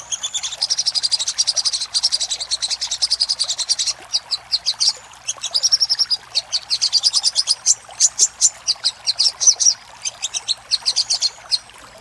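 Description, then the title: Little spiderhunter song with a long dense buzzy trill at first, then rapid runs of high, sharp chips in uneven bursts. Master recording used for training cage birds. "Masteran Burung Sogok Ontong Labaik"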